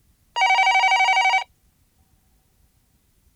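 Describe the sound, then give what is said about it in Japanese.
An answering machine beep after its recorded greeting on a telephone line: one steady, loud electronic tone lasting about a second, slightly buzzy and pulsing, then near silence before another sound cuts in at the very end. “さあ、ピーって音がしたら、あなたのお名前、年齢とわからないことをゆっくりハキハキ元気よくおしゃべりしましょうね。”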